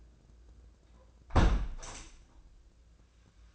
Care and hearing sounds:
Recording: daily activity, microphone in the room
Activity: close window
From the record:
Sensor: 2

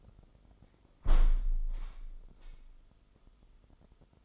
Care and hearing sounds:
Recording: daily activity, microphone in the room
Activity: close window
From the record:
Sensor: 5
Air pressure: 995.8 hPa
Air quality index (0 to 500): 96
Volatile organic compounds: 6 ppm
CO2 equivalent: 1837 ppm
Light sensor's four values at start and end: 40/97/39/41 and 40/97/39/41

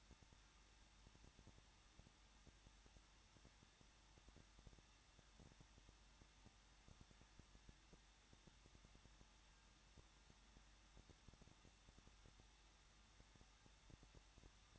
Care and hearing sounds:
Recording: daily activity, microphone in the room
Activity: no activity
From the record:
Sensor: 3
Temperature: 21.2 degrees Celsius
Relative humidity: 36.2%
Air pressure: 1006.5 hPa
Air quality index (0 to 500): 220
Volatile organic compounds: 39 ppm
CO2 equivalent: 3134 ppm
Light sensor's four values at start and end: 2/3/2/2 and 2/3/2/2

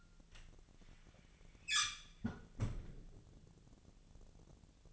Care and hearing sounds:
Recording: daily activity, microphone in the room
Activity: close fridge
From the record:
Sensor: 4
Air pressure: 1000.9 hPa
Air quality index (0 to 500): 128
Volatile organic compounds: 1 ppm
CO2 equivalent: 954 ppm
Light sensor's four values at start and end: 26/63/27/29 and 31/75/31/34

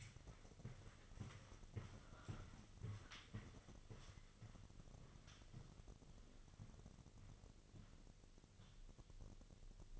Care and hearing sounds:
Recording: daily activity, microphone in the room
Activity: walk to room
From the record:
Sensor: 4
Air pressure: 1000.3 hPa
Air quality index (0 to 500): 209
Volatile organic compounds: 20 ppm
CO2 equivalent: 2693 ppm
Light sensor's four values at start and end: 9/20/8/7 and 9/21/8/8

